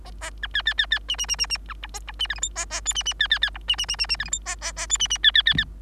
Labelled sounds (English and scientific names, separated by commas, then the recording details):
Bengalese Finch (Lonchura striata domestica) song
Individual Bird3